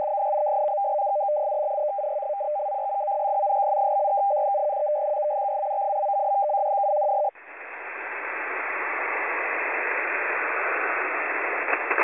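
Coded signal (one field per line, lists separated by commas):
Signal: numbers station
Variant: F03i FSK data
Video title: F03i Data Mode 12/10/2023 1830 UTC 7798kHz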